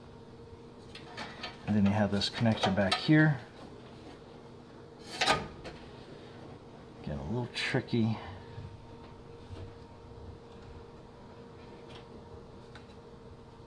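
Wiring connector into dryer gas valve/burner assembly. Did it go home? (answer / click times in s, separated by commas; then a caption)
no / none. In a GE gas dryer being converted from natural gas to propane, a plastic wire connector at the back is worked toward its socket on the gas valve/burner assembly, with someone talking and a few rattling handling noises, including a sharp knock around 5.2 s. Nothing has seated or clicked yet; the connector is still being handled and is not home.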